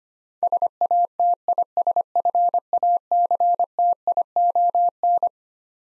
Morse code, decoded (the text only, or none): SATISFACTION